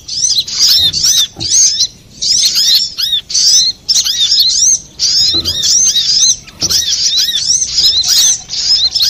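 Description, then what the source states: Little spiderhunter song: dense, rapid high chattering and chirping phrases with sharp arching notes, delivered in bursts separated by brief pauses, nearly continuous throughout. Master recording used for training cage birds.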